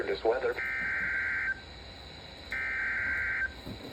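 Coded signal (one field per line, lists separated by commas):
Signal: Emergency Alert System (SAME) tones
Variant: header bursts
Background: speech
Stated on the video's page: Real EAS alerts received during summer 2025, compiled into a mock Nintendo Direct presentation.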